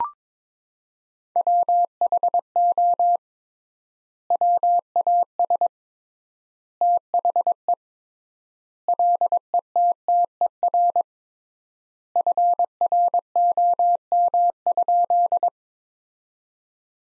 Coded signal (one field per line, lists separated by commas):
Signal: Morse code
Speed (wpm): 21 wpm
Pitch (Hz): 700 Hz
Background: none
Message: WHO WAS THE LETTER FROM?